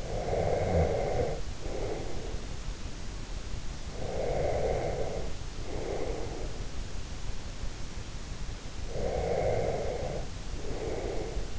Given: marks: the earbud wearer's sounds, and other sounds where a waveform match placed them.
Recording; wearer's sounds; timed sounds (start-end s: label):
sounds in sleep by an in-ear microphone; breath
0.00-2.62 s: breath
3.91-6.51 s: breath
8.80-11.59 s: breath